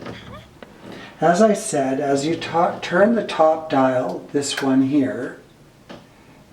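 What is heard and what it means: Someone talks while the top rotary selector dial on a steam shower unit's control panel is handled and turned. Short sharp sounds come at about 0.6 s and 5.9 s, but the dial has not clicked into a setting yet and nothing has seated.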